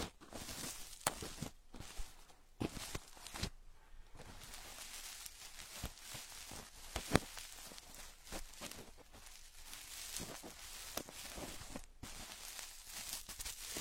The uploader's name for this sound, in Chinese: 抠耳朵